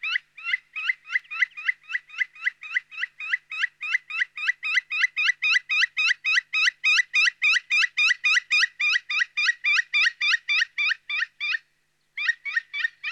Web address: Palokärki. nauhalaisen aanimaailmat